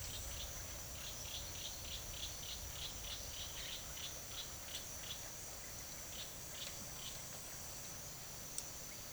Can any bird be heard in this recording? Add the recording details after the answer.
yes. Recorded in secondary vegetation near Puerto Asís, Putumayo, Colombia, on 24 June 2025 at 14:30. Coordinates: 0.489, -76.322. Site G021